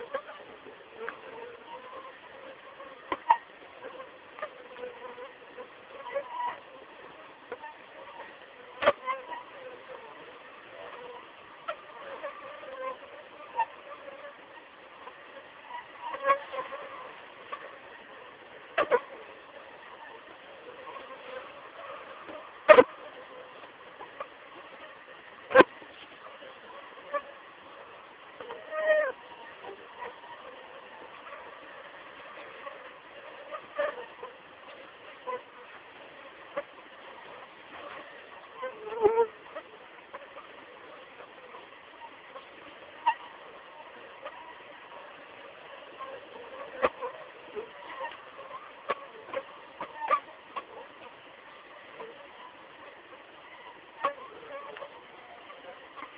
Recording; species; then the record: mosquito flight sound by mobile phone; Aedes aegypti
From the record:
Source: Auburn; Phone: Samsung T209